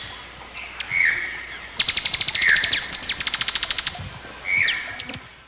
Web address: ENTER Music and Audio. Nature Songs S America Eastern Lowlands. Topaza pyra, feeding and chase calls